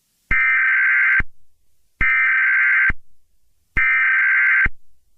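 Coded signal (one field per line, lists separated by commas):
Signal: Emergency Alert System (SAME) tones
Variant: header bursts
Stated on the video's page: Fictional EAS scenario.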